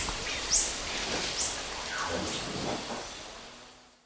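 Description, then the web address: Rufous-breasted hermit with high, thin sweeping notes, two quick slurs near the start, then fainter chirps over soft background noise. Eastern lowlands of South America. "Natures Songs S America Eastern Lowlands. Rufous-breasted Hermit"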